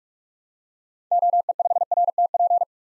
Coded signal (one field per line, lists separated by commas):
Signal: Morse code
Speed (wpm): 46 wpm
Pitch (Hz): 700 Hz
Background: none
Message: OE5RTP